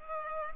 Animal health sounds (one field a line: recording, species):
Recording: mosquito wingbeat signal from an infrared sensor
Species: Culex pipiens